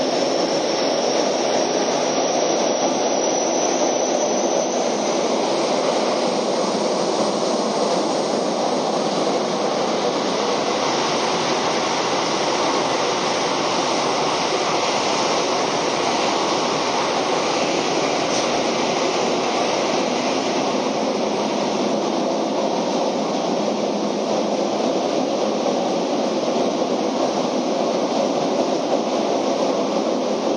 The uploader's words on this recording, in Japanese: 京王5000系 本八幡〜橋本。日中に運転が行われている都営新宿線 本八幡〜京王相模原線 橋本の運用を録音しました。都営新宿線は各停で京王線は区間急行となる。